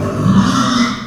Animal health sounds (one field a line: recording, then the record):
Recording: squeal of a Yucatan mini pig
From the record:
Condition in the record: after surgery on the right vocal fold (resection and tissue-engineered implant)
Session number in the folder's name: 12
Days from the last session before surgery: 105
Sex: female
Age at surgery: 19 weeks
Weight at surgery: 25 kg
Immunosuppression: prednisolone